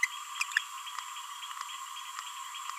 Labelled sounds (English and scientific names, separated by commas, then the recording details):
Green-rumped Parrotlet (Forpus passerinus) babbling
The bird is a female
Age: 31 days
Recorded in a nest box in Venezuela
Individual 17B42A2